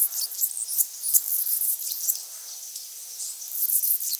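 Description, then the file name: Anna's hummingbird calls: thin, sizzling chips repeated irregularly, clustered at the start and the end, with a quieter stretch in between. "Calypte anna - Anna's Hummingbird"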